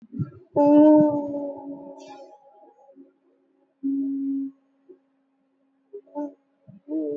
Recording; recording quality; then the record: sustained vowel as in boot; excellent, no background noise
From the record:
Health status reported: recovered from COVID-19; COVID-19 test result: negative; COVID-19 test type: RT-PCR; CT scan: not taken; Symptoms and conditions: none ticked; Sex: female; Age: 29 years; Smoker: no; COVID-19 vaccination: both doses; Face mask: worn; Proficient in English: yes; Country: India